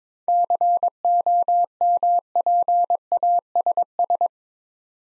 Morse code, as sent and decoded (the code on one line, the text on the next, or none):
-.-. --- -- .--. .- ... ...
COMPASS